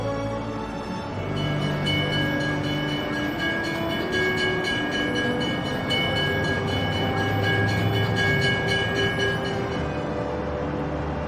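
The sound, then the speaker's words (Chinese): An early 20th-century tram rolls steadily along rails on Qianmen Street in Beijing, a continuous rumbling drone with rhythmic clicking and sustained high, whining metallic tones, holding an even loudness throughout with no voices. “100年前，北京真正意义的第一辆公交车就这样从这条街上驶过。”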